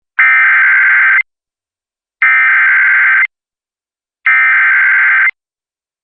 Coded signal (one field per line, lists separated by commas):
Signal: Emergency Alert System (SAME) tones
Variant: header bursts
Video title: Severe Thunderstorm Warning (Hockley and Lubbock Counties, TX) (4/25/25) [EAS #151]